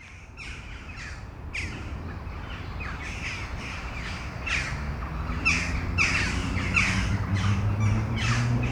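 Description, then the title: Crows calling with hoarse, grating caws, sparse at first then growing louder and more frequent, above a low droning background. Crows in Mechelen, Belgium, calling before a storm; recorded with Sony PCM-M10 internal microphones. "Domaine de Tivoli, Malines, Belgique, Belgium - Corneilles avant lorage - Crows before the storm"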